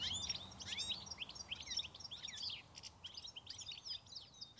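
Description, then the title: European goldfinch song, a run of quick twittering and tinkling notes throughout, quieter after the middle, with soft background noise. Song now heard widely in southern Finland in gardens, parks, rail yards and cemeteries. "Viikon luontoääni: Tikli"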